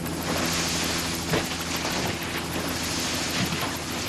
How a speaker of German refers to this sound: Der Helikopter verschwand am Horizont.